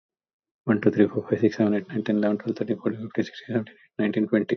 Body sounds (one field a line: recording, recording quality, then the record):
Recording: counting at a fast pace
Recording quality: excellent, no background noise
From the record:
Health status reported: healthy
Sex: male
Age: 60 years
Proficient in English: yes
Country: India